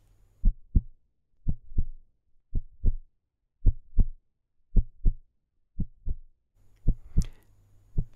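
Steady paired low thumps, lub then dub, repeat at about 55 beats a minute in an even rhythm. This is a plain heartbeat, with a brief scrape of handling noise near the end.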